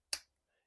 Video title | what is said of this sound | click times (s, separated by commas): BILITOOLS - The Most Unique, and Versatile Extension Set For Your 1/4”, 3,8”, and 1/2” Ratchets? | it locks into place right that detent that ball detent that you see here | 0.1 s